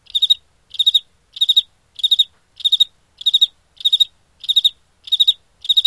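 Cricket chirping evenly, three- to four-pulse bursts repeated roughly every half second throughout.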